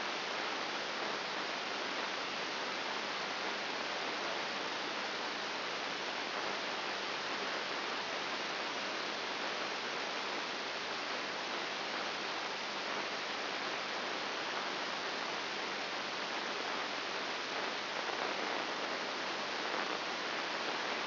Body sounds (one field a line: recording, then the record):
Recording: brain microelectrode recording played as sound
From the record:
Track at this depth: inside the subthalamic nucleus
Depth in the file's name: 3.101 mm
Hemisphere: right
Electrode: 3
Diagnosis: Parkinson's disease